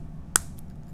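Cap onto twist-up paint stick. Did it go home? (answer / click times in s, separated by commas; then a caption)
yes / 0.4 s. A plastic lid is pushed back onto a twist-up paint stick, and it snaps on with one sharp, bright click at 0.4 seconds, followed by a much fainter tick at 0.6 seconds over a low steady background hum. The cap is seated on the paint stick.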